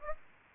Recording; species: mosquito wingbeat signal from an infrared sensor; Aedes albopictus